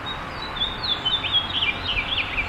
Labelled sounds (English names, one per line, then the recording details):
House Finch song
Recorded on Long Island, New York, on 5 June 2011
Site MA
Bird A